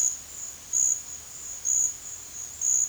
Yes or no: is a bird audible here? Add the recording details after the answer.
no. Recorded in secondary vegetation near Puerto Asís, Putumayo, Colombia, on 27 June 2025. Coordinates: 0.488, -76.319. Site G094